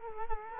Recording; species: mosquito wingbeat signal from an infrared sensor; Culex quinquefasciatus